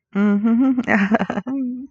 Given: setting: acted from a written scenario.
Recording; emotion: vocal sound without words; romantic love